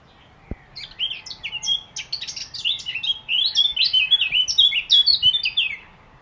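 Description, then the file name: Eurasian blackcap song: quick jumbled warbling notes building into a loud run of mellow whistled phrases, with a faint tap near the start. "Sylvia atricapilla"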